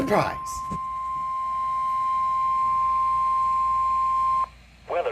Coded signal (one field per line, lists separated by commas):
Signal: Emergency Alert System (SAME) tones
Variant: 1050 Hz attention tone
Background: speech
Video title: HAPPY BIRTHDAY BUBBA! (EAS Alerts #017 to #021)